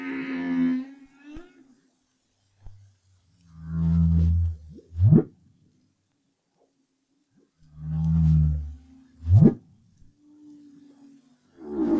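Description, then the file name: Humpback whale song, low grunts each ending in a sharply rising whoop, the phrase heard twice with quiet gaps between. Recorded in 2011. "BRAHSS Whale Song"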